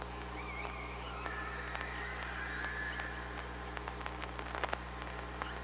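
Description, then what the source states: Killer whale calls: drawn-out tonal notes with harmonics, followed by a rapid cluster of clicks, above a constant low hum. Recorded on the OrcaLab hydrophone, 24 August 2017, 05:25:18.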